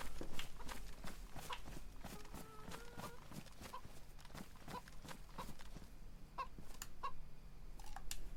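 A chicken clucks in short, mid-pitched bursts against a steady outdoor hum, while sharp, repeated tapping steps sound throughout.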